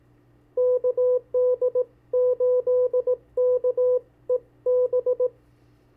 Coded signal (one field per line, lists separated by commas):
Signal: Morse code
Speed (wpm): 17 wpm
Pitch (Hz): 500 Hz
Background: radio noise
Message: KD8KEB